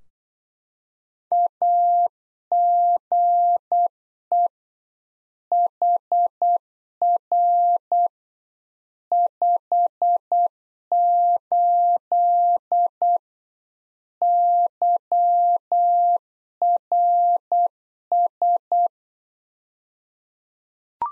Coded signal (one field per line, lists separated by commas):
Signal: Morse code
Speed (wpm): 8 wpm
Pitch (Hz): 700 Hz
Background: none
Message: AGE HR 58 YRS